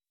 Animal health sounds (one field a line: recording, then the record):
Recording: hydrophone in a shrimp aquaculture tank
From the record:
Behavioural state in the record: weakened